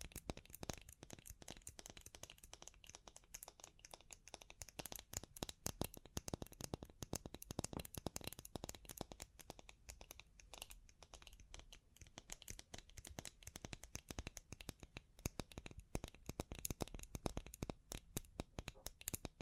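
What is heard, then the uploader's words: Bling bling triggers: a continuous stream of sharp little clicks and crackles, like trinkets being handled and tapped. The ticks come fast and irregular, bright and crisp, packed densely from start to finish with only brief thinner moments, and no pauses. Bling Bling Triggers.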